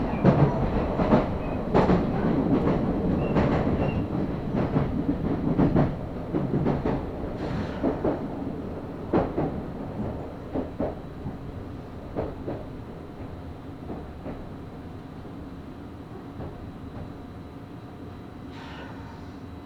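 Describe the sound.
Inside a train, a steady low rumble of the wheels with frequent sharp clanks over rail joints, fading quieter toward the end.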